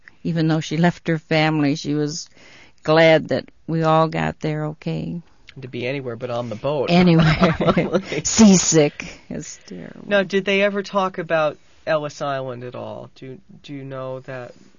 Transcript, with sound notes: Even though she left her family she was glad that we all got there okay.
To be anywhere but on the boat.
Anywhere but seasick. (they laugh)
Now, did they ever talk about Ellis Island at all? Do you know that?